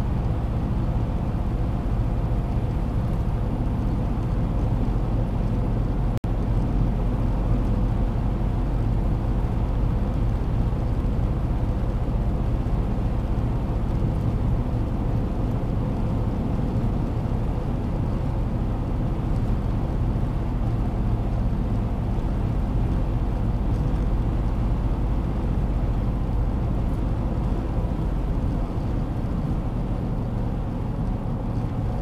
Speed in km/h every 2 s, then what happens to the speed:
111, 113, 112, 112, 111, 111, 110, 111, 112, 112, 111, 111, 111, 109, 106, 103.
0-24 steady at about 111. 24-32 slows to 103.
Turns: none.